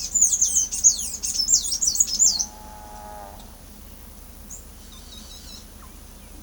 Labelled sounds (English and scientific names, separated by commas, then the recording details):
Blue-gray Tanager (Thraupis episcopus), Boat-billed Flycatcher (Megarynchus pitangua)
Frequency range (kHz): Boat-billed Flycatcher (Megarynchus pitangua) 2.9-9.1 kHz
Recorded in pastures near Pivijay, Magdalena, Colombia, on 5 June 2023 at 16:00
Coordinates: 10.456, -74.369
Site P6-G026